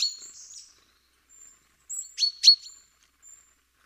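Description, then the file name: Great tit calls: thin, very high drawn-out notes, then a few sharp, clipped notes close together near the middle, with quiet gaps between. "Parus major"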